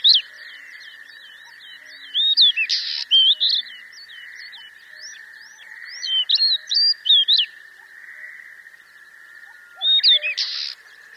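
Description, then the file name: Amur stonechat singing repeated brief scratchy phrases of high, jerky twittering notes with pauses of a few seconds between bursts, a steady low hum running throughout. "nobitaki"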